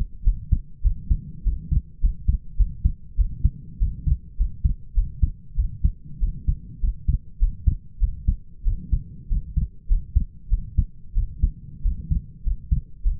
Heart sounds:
heart sounds by stethoscope; 98 bpm
0.24 s: heartbeat
0.83 s: heartbeat
1.44 s: heartbeat
2.01 s: heartbeat
2.57 s: heartbeat
3.17 s: heartbeat
3.79 s: heartbeat
4.37 s: heartbeat
4.95 s: heartbeat
5.56 s: heartbeat
6.20 s: heartbeat
6.81 s: heartbeat
7.39 s: heartbeat
8.00 s: heartbeat
8.64 s: heartbeat
9.29 s: heartbeat
9.88 s: heartbeat
10.49 s: heartbeat
11.14 s: heartbeat
11.83 s: heartbeat
12.44 s: heartbeat
13.03 s: heartbeat
From the record:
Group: healthy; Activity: rest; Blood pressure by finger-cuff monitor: 118/58 mmHg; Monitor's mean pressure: 77 mmHg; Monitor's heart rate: 102 bpm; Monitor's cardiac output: 8.3 L/min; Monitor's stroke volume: 82 mL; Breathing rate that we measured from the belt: 24 breaths a minute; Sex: male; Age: 22 years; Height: 181 cm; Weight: 60 kg

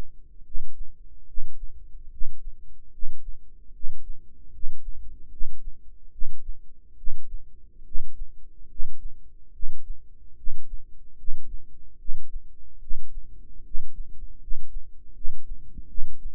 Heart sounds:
heart sounds by microphone in the right ear; 74 bpm
0.42 s: heartbeat
1.25 s: heartbeat
2.09 s: heartbeat
2.90 s: heartbeat
3.72 s: heartbeat
4.50 s: heartbeat
5.29 s: heartbeat
6.10 s: heartbeat
6.95 s: heartbeat
7.83 s: heartbeat
8.67 s: heartbeat
9.51 s: heartbeat
10.35 s: heartbeat
11.15 s: heartbeat
11.97 s: heartbeat
12.79 s: heartbeat
13.62 s: heartbeat
14.38 s: heartbeat
15.13 s: heartbeat
15.87 s: heartbeat
From the record:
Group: healthy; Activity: rest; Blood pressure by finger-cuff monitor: 99/63 mmHg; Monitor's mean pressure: 73 mmHg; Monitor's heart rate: 74 bpm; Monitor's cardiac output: 6.6 L/min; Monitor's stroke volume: 91 mL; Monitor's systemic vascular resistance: 790 dyn s/cm5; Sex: male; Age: 35 years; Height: 180 cm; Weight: 86.9 kg

